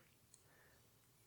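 A metal nib cap coupler is threaded into a pen's center band coupler until it bottoms out. A single faint tick is heard at 0.3 s over a quiet background, and the coupler is fully seated.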